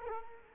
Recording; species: mosquito wingbeat signal from an infrared sensor; Culex quinquefasciatus